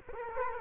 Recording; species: mosquito wingbeat signal from an infrared sensor; Culex quinquefasciatus